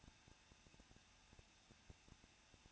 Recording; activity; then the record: daily activity, microphone in the room; no activity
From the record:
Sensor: 2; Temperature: 21.0 degrees Celsius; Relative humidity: 37.6%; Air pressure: 1006.3 hPa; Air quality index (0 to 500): 224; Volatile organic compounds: 25 ppm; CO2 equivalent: 2844 ppm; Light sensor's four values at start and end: 2/3/2/2 and 2/3/2/2